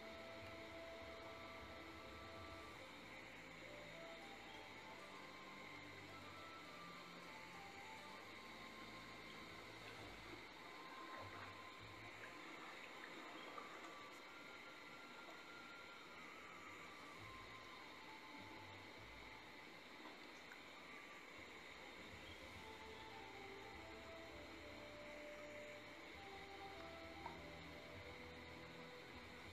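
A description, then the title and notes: A boat motor drones steadily throughout the ride, with a deep rumble underneath and a whining hum layered above it. The level barely changes over the half minute. Faint high chirring and a few brief tones sit behind the engine noise. Pov: you're on a boat ride through the rainforest. Water.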